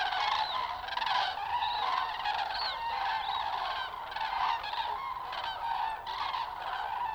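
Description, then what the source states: Common crane flock calling, a dense chorus of rolling trumpeting notes mixed with thin high peeping whistles, continuous throughout. Juvenile and adult cranes, Linum, 20 October 2019.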